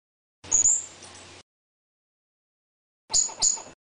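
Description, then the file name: Squirrel calls: one thin high-pitched squeak, a pause, then a rapid double squeak. "suara bajing. omkicau"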